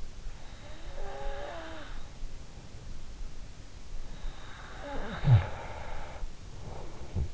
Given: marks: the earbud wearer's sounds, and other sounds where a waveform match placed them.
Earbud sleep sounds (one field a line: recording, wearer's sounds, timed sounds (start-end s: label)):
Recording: sounds in sleep by an in-ear microphone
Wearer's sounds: breath, snoring breath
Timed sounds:
0.30-2.81 s: breath
4.37-7.34 s: snoring breath